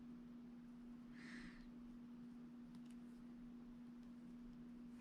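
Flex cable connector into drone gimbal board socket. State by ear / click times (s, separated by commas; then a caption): not seated / none. A small flex ribbon connector is pressed onto its board socket while reassembling the camera gimbal of a Mavic Air (Air2) drone. A steady low hum runs throughout, with a brief airy hiss around 1.1–1.6 s and faint light ticks near 2.7–2.9 s. The connector has not clicked into place.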